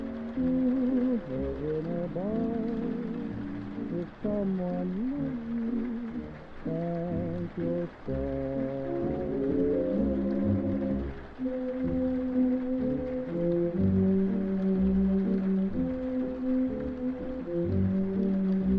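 Old-style music plays muffled from another room, its treble dulled by the walls. Sustained, gliding melody notes sit in the low-middle range over a steady beat, and the level stays fairly even throughout, with a few brief dips around the middle.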